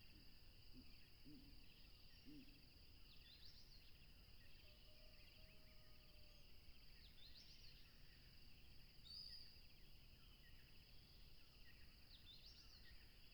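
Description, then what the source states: Crickets sing a continuous high, even trill; chirps come in bursts, with a few low notes and a steady rumble underneath. Tropical river setting, with a plane passing.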